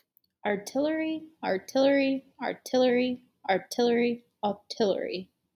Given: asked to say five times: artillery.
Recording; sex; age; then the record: repeated word; female; 30 to 39 years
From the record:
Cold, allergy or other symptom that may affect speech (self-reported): no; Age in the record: 32 years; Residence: Colorado, United States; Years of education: 18